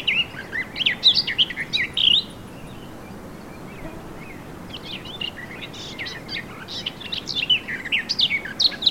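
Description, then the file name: Eurasian blackcap song: a rapid twittering warble of varied high notes, then a silent gap, then another busy warbling phrase. "Sylvia atricapilla"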